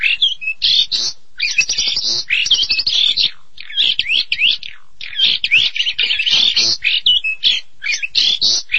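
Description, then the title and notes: Starling song in short phrases: quick squeaky chirps, rasping notes and sliding whistles, broken by brief quiet gaps. "suara burung jalak"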